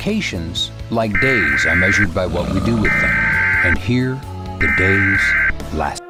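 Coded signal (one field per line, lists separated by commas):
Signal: Emergency Alert System (SAME) tones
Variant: header bursts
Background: speech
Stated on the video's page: Simulated SAME tones in a fictional EAS scenario.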